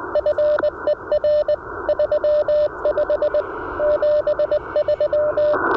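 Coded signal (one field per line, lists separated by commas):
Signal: Morse code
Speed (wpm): 19 wpm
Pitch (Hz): 600 Hz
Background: radio noise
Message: FER 35 73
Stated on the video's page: Portable Remembrance Day Contest CW at 18 WPM, Icom IC-705 on battery, twin paddle key, EFHW antenna; exchange of report and years licensed.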